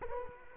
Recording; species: mosquito wingbeat signal from an infrared sensor; Culex quinquefasciatus